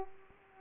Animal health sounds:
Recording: mosquito wingbeat signal from an infrared sensor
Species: Culex pipiens

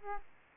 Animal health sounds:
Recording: mosquito wingbeat signal from an infrared sensor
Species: Aedes aegypti

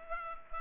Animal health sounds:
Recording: mosquito wingbeat signal from an infrared sensor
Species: Culex pipiens

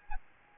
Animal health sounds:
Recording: mosquito wingbeat signal from an infrared sensor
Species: Aedes albopictus

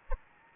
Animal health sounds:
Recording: mosquito wingbeat signal from an infrared sensor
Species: Anopheles gambiae

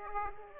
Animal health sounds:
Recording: mosquito wingbeat signal from an infrared sensor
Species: Aedes aegypti

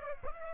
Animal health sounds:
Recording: mosquito wingbeat signal from an infrared sensor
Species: Aedes aegypti

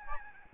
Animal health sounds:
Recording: mosquito wingbeat signal from an infrared sensor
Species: Aedes albopictus

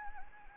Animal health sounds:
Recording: mosquito wingbeat signal from an infrared sensor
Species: Anopheles arabiensis

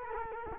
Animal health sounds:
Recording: mosquito wingbeat signal from an infrared sensor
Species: Culex quinquefasciatus

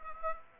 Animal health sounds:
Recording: mosquito wingbeat signal from an infrared sensor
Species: Aedes aegypti

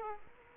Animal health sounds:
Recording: mosquito wingbeat signal from an infrared sensor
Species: Culex quinquefasciatus

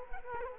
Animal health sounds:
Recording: mosquito wingbeat signal from an infrared sensor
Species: Culex quinquefasciatus

